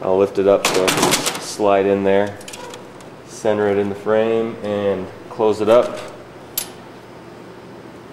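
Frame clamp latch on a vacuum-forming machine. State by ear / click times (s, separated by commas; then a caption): seated / 6.6 s. Someone talks while lifting the frame of a vacuum-forming machine, sliding a plastic sheet into it, centering it and closing it. The frame clamp latch then snaps shut with a sharp metallic click at 6.6 s, locking the frame in place.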